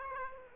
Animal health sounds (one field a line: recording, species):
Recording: mosquito wingbeat signal from an infrared sensor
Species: Aedes aegypti